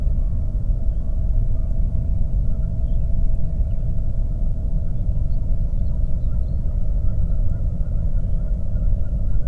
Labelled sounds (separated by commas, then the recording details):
songbird, waterfowl, flare stack
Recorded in the Prudhoe Bay oil fields, Alaska, on 22 May 2019 at 01:32
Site 25